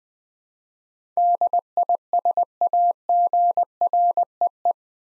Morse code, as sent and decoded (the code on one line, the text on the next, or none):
-.. .. ... .- --. .-. . .
DISAGREE